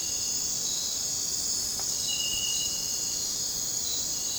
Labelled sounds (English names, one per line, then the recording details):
none
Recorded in dense forest near Puerto Asís, Putumayo, Colombia, on 22 December 2024 at 00:30
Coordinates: 0.466, -76.327
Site G075